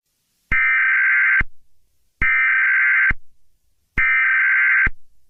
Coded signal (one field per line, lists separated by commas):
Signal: Emergency Alert System (SAME) tones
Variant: header bursts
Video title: EAS Mock: Civil Emergency Message for New Jersey V2 (FAKE)